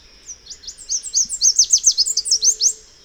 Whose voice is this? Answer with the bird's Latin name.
Basileuterus delattrii